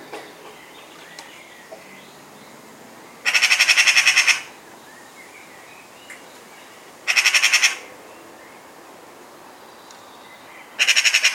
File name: Pica pica